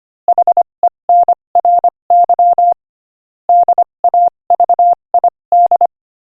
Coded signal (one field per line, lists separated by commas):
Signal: Morse code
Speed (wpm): 25 wpm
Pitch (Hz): 700 Hz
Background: none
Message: HENRY DAVID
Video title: Morse Code Practice: 25 wpm Inspirational Quote 4